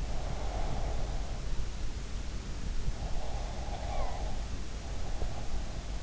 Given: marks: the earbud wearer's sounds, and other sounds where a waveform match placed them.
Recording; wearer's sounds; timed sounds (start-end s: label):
sounds in sleep by an in-ear microphone; breath
0.00-1.34 s: breath
3.15-4.37 s: breath